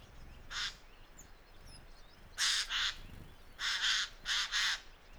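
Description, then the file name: Eurasian jay giving harsh, rasping screeches: one early, then a pair near the middle and three more close together toward the end. "Garrulus glandarius"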